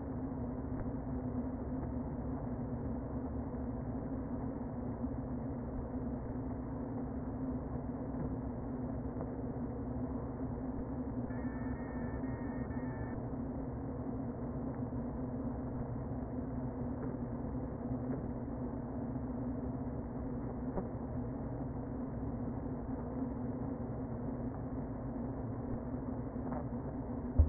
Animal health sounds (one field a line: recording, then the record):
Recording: honeybee colony, microphone inside the hive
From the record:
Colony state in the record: queen present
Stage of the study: before two queens were removed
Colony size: about 60,000 bees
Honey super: yes